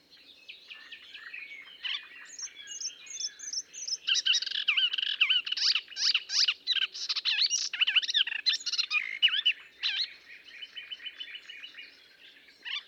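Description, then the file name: Melodious warbler song: a long, hurried medley of high chirps, downslurred whistles and harsh chattering notes, fading toward the end. "British Library - Melodious Warbler Hippolais polyglotta"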